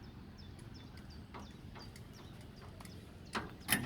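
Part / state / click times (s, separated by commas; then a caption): trailer coupling head onto car tow ball / seated / 3.7 s. A trailer coupling head is lowered onto a car's tow ball and its handle is left to come back up by itself. Soft, scattered taps and scrapes over a low rumble lead to a sharp knock at 3.4 s. The loudest, sharp snap at 3.7 s is the coupling locking onto the tow ball.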